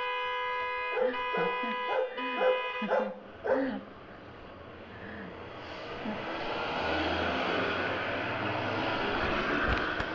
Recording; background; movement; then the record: laughter; traffic; sitting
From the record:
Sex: female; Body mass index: 25.5 kg/m2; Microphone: on the chest, facing the body